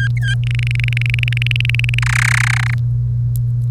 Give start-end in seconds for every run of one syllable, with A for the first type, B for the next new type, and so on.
0.00-0.34 A, 0.43-1.99 B, 2.02-2.74 C